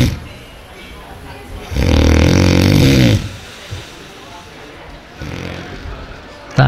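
A loud, low, rattling snore lasts about a second and a half, followed a few seconds later by a softer, shorter snoring breath. The coarse vibrating sound on breathing in is typical of heavy snoring, which can disturb a bed partner's sleep.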